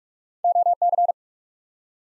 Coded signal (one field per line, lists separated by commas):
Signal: Morse code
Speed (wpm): 47 wpm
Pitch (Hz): 700 Hz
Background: none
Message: OC